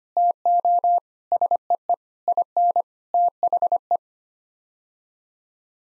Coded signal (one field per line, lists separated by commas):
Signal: Morse code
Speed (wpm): 25 wpm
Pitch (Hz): 700 Hz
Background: none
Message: TO SEE IN THE